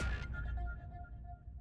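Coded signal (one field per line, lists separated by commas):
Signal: none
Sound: game's puzzle sound effects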